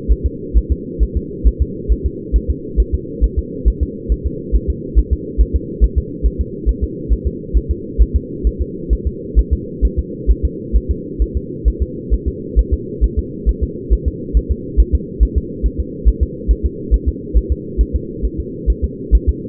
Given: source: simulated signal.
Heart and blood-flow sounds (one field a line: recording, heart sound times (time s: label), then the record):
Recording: fetal heart sounds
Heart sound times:
0.12 s: S1
0.26 s: S2
0.57 s: S1
0.72 s: S2
1.03 s: S1
1.17 s: S2
1.47 s: S1
1.62 s: S2
1.92 s: S1
2.06 s: S2
2.36 s: S1
2.50 s: S2
2.80 s: S1
2.94 s: S2
3.24 s: S1
3.39 s: S2
3.68 s: S1
3.83 s: S2
4.12 s: S1
4.26 s: S2
4.56 s: S1
4.70 s: S2
4.99 s: S1
5.13 s: S2
5.41 s: S1
5.56 s: S2
5.84 s: S1
5.98 s: S2
6.26 s: S1
6.41 s: S2
6.69 s: S1
6.84 s: S2
7.13 s: S1
7.27 s: S2
7.57 s: S1
7.71 s: S2
8.02 s: S1
8.16 s: S2
8.47 s: S1
8.62 s: S2
8.93 s: S1
9.07 s: S2
9.39 s: S1
9.53 s: S2
9.85 s: S1
9.99 s: S2
10.31 s: S1
10.45 s: S2
10.76 s: S1
10.91 s: S2
11.22 s: S1
11.37 s: S2
11.68 s: S1
11.82 s: S2
12.13 s: S1
12.28 s: S2
12.59 s: S1
12.73 s: S2
13.04 s: S1
13.19 s: S2
13.49 s: S1
13.63 s: S2
13.93 s: S1
14.08 s: S2
14.37 s: S1
14.51 s: S2
14.80 s: S1
14.95 s: S2
15.23 s: S1
15.38 s: S2
15.66 s: S1
15.80 s: S2
16.08 s: S1
16.23 s: S2
16.51 s: S1
16.65 s: S2
16.94 s: S1
17.08 s: S2
17.37 s: S1
17.52 s: S2
17.81 s: S1
17.95 s: S2
18.25 s: S1
18.40 s: S2
18.70 s: S1
18.84 s: S2
19.15 s: S1
19.29 s: S2
From the record:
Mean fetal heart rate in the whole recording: 135 bpm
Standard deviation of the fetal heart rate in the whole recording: 3 bpm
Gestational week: 34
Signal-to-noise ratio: -4.1 dB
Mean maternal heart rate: no maternal heart sound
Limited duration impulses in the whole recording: absent